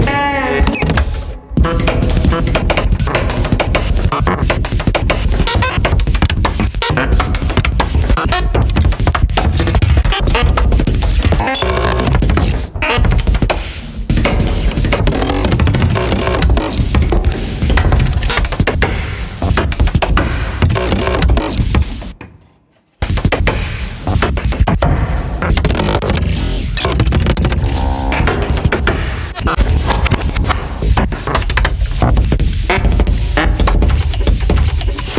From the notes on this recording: the sounds of the creaky and squelching old door